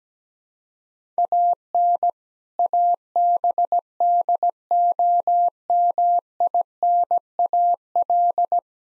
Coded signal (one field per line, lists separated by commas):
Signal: Morse code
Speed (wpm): 17 wpm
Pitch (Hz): 700 Hz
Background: none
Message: AN ABDOMINAL